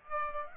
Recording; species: mosquito wingbeat signal from an infrared sensor; Aedes aegypti